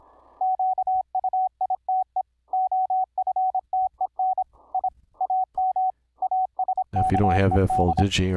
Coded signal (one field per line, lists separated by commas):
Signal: Morse code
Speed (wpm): 26 wpm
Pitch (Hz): 750 Hz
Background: speech, radio noise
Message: QUITE OFTEN I AM ASKED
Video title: Remote control of a HAM RADIO RIG - a Linux Laptop connecting to a Raspberry PI Rig Interface